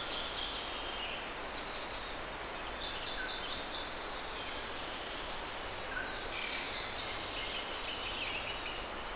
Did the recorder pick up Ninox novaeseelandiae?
no